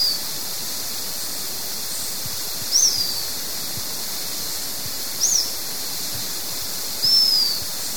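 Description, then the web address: White-fronted tyrannulet: short, high, arched call notes spaced a few seconds apart, the last a longer thin descending whistle, over a bright steady hiss. Ecuador. "Natures Songs S America Birds of Ecuador. White-fronted Tyrannulet"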